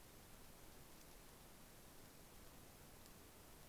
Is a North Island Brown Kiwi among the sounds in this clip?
no